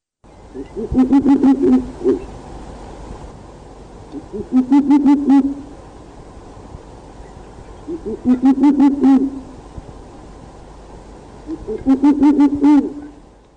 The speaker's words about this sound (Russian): Совы.